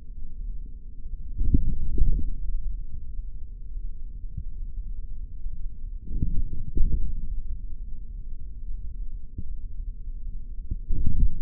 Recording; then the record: forearm muscle sounds (acoustic myography)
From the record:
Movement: forearm pronation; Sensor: system 3, bracelet of six PUI Audio POM-2738L microphones around the upper forearm, with dedicated amplification and filtering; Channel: 3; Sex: male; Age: 26 years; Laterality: right